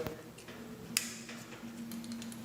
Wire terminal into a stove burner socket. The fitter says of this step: Now the other side, just push it in until you hear it click.